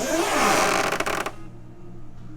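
The front trunk latch on a 1991 Acura NSX is released to pop open the front trunk lid. A steady broadband whir fills the first second, then two sharp hits land at 1.0 s and 1.3 s before the sound drops to a quiet hum. The latch pops open.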